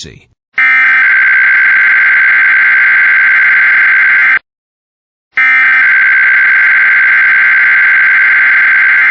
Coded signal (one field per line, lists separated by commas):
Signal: Emergency Alert System (SAME) tones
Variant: header bursts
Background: speech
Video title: CAE for Texas and an RWT for parts of the US! (New EAS 30-31) (We made it!)